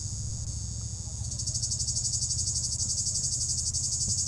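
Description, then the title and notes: Cicada buzzing, a smoother high drone that turns into fast throbbing pulses after about a second, with faint low rumble beneath. Cicada in an apple tree at the top of the Côte de Groisin, Chindrieux, France, at 32°; Zoom H4n Pro, preamp level 100. "3029 Rte d'Aix, 73310 Chindrieux, France - cigale. Cigale dans un pommier au sommet de la côte de groisin, il fait 32°"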